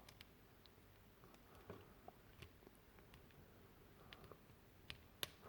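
A small plastic clip on the cord accessory of an action figure is closed after the cord has been threaded through the figure's shoulder. Soft handling clicks and taps sit over a quiet background. The clip snaps shut with a sharp click at 5.2 s.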